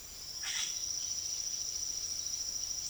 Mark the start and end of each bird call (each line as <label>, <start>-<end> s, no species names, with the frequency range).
bird call (1.1-9.7 kHz), 0.37-0.77 s